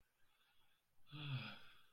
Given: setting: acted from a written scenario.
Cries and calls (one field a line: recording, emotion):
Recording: vocal sound without words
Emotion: serenity